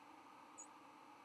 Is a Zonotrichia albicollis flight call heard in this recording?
no